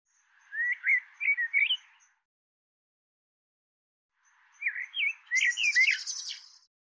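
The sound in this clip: Bird giving two phrases of looping, twisted whistles; the second ends in a buzzy, rattling high note, with a gap of about two seconds between.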